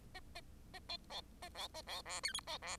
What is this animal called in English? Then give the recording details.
Bengalese Finch. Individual Bird10